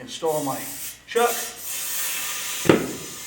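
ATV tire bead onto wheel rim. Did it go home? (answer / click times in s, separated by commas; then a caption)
yes / 2.7 s. An ATV tire is inflated with an air chuck on a tire changer, with a steady hiss of air while someone talks. A sharp pop at 2.7 s is the rubber bead snapping onto the metal rim's bead seat; the second bead may pop during the talking. The tire beads end up seated on the rim.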